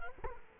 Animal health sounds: mosquito wingbeat signal from an infrared sensor; Culex quinquefasciatus

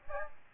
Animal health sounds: mosquito wingbeat signal from an infrared sensor; Aedes aegypti

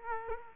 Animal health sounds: mosquito wingbeat signal from an infrared sensor; Culex quinquefasciatus

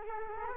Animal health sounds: mosquito wingbeat signal from an infrared sensor; Culex quinquefasciatus

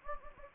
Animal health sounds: mosquito wingbeat signal from an infrared sensor; Anopheles gambiae

